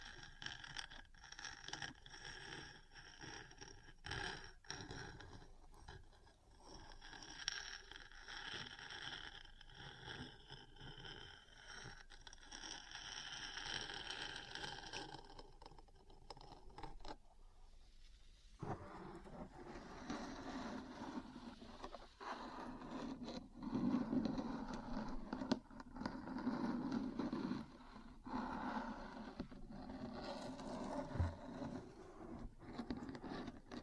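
Metal parts scrape and tap against each other. For the first seventeen seconds a bright, grinding scratch runs almost without pause, broken by a few sharp knocks. After a brief lull the rubbing turns lower and duller, with scattered taps through to the end.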